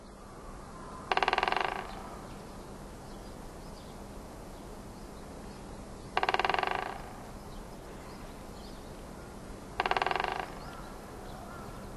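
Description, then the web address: Great spotted woodpecker drumming: three quick rolls of fast, evenly spaced taps, each under a second long, separated by several seconds of quiet noisy background. Recorded in Sapporo on 23 March 2011. "koe akagera 110323 sapporo namba"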